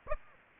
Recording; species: mosquito wingbeat signal from an infrared sensor; Aedes aegypti